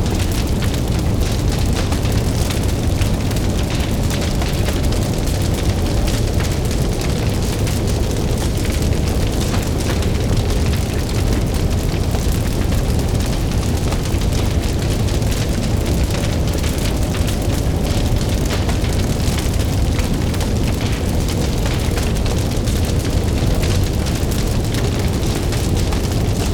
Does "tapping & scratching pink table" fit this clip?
no